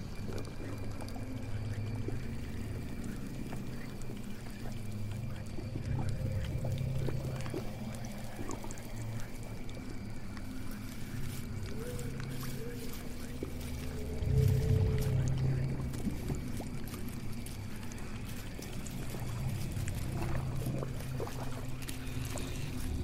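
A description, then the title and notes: A swamp house ambience: a steady low rumble and hum runs throughout, dotted with frequent small clicks, drips and creaks. Faint watery trickling sits underneath, and around the fourteen-second mark a deeper groaning swell rises briefly before settling back. Witch's swamp house ambience.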